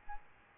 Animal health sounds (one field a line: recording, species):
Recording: mosquito wingbeat signal from an infrared sensor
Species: Aedes albopictus